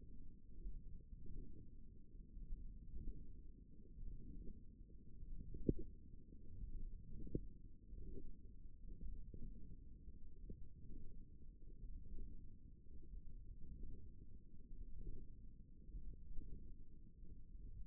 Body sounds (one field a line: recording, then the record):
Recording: forearm muscle sounds (acoustic myography)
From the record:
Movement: wrist flexion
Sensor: system 1, eight BSWA MPA416 microphones around the upper forearm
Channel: 1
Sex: female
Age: 22 years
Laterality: right